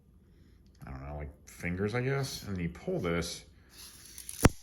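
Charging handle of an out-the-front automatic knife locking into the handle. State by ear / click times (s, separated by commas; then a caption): seated / 4.4 s. Someone talks while retracting the blade of an out-the-front automatic knife by holding the button, squeezing the small fingers and pulling the metal charging handle back. The charging handle locks into the handle with a sharp click at 4.5 s, and the handle is locked back.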